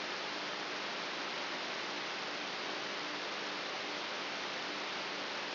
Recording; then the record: brain microelectrode recording played as sound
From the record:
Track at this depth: inside the subthalamic nucleus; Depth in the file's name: 2.84 mm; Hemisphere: right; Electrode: 3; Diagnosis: Parkinson's disease